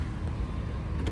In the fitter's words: Handle అయితే lock అయిపోయింది.